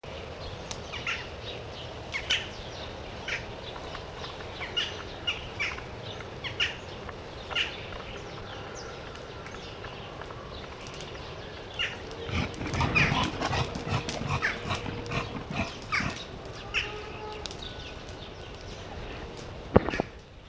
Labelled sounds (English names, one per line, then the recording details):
Reindeer call
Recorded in captivity
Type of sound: call sequence
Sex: male
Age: adult
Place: Tierpark Berlin, Berlin, DE
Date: 1965-10-16 15:00
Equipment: Telefunken Magnetophon 300, Sennheiser MD 421, Transistorverstärker 2
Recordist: Tembrock, Günter
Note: Bulle: "Treib"-Lautreihe. Abstand ca. 8 m. Aufnahmezeit: 15-18 Uhr